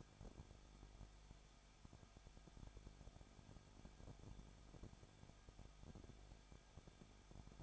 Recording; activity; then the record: daily activity, microphone in the room; no activity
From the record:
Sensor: 5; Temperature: 20.9 degrees Celsius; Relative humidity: 35.1%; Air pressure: 994.6 hPa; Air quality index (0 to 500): 153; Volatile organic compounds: 2 ppm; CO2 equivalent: 1281 ppm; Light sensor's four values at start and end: 2/3/1/1 and 2/3/1/1